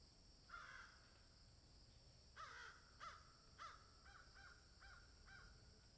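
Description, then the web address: Crows cawing, one caw then a spaced series of harsh caws roughly every half second, with a constant high hiss in the background. Crows cawing in a field. "Debarup Travel Films - Crows Caw in Field"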